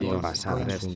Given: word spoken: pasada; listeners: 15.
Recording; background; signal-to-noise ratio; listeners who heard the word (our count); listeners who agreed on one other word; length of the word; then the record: one Spanish word in noise, from a listening test; four-talker babble; -1.4 dB; 0 of 15; 7 of 15; 0.55 s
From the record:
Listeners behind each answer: 7, 1, 1, 1, 1, 1, 1, 1, 1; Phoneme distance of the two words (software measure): 7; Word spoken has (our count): 3 syllables, 6 phonemes, stress on syllable 2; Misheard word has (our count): 3 syllables, 7 phonemes, stress on syllable 2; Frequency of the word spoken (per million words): 61.36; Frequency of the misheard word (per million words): 15.50